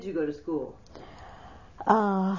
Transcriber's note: she sighs